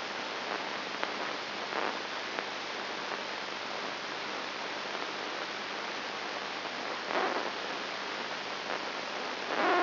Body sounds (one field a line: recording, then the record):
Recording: brain microelectrode recording played as sound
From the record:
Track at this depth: inside the subthalamic nucleus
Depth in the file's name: 0.906 mm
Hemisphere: left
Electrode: 3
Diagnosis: Parkinson's disease